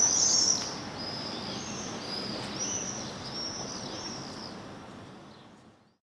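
Swift screams, high and buzzy, loudest at the start, then a run of thinner overlapping screeches that fade away into quiet.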